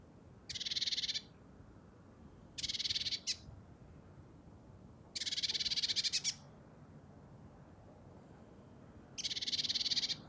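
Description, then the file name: Great tit giving four dry rattling churrs, rapid pulsed notes in bursts of roughly a second, with gaps of one to three seconds between them. "Parus major"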